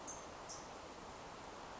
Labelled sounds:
California Towhee (Melozone crissalis)
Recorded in Sonoma County, California

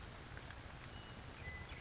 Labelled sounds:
Western Meadowlark (Sturnella neglecta)
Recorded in Sonoma County, California

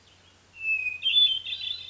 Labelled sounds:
Hermit Thrush (Catharus guttatus)
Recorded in Sonoma County, California

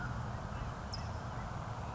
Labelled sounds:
California Towhee (Melozone crissalis)
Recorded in Sonoma County, California

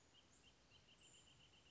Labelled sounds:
Wrentit (Chamaea fasciata)
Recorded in Sonoma County, California

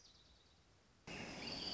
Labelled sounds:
Orange-crowned Warbler (Leiothlypis celata)
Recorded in Sonoma County, California

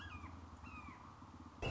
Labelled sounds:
Red-shouldered Hawk (Buteo lineatus)
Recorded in Sonoma County, California

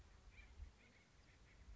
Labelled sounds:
Acorn Woodpecker (Melanerpes formicivorus)
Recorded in Sonoma County, California

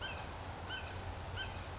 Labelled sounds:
Red-shouldered Hawk (Buteo lineatus)
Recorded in Sonoma County, California

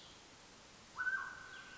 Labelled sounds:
Mountain Quail (Oreortyx pictus)
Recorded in Sonoma County, California

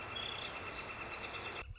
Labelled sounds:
Northern Flicker (Colaptes auratus)
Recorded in Sonoma County, California

